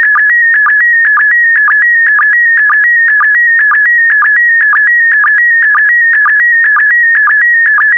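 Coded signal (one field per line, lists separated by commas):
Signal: SSTV (slow-scan television)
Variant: PD120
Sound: warbling tone shifting between close pitches, punctuated by regular low chirps twice a second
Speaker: complete you can now check your decoded image against the picture that is shown on the video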